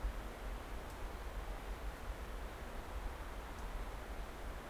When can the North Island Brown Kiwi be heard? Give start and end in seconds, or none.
none